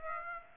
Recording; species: mosquito wingbeat signal from an infrared sensor; Aedes aegypti